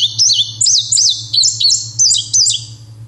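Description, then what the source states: Indigo Bunting singing a bouncy phrase of high, sweeping paired notes, with a low constant hum beneath. Lurching, bouncy song with paired notes, rendered as 'what, where, see it' or 'help, quick, fire'; a summer bird that keeps singing when others slow down.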